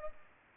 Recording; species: mosquito wingbeat signal from an infrared sensor; Culex pipiens